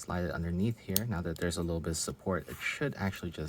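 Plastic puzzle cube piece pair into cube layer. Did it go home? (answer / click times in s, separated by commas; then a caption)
no / none. Someone talks while a stacked pair of plastic Galaxy 8x8 puzzle cube pieces, a square piece and a winged piece, is slid underneath into a cube layer during an internal install. Nothing has seated or clicked yet.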